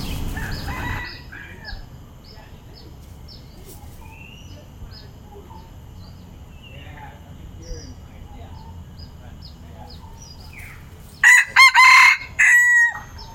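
Red junglefowl crow near the end: a brief, clipped, broken crow after a long stretch of soft twittering from small birds.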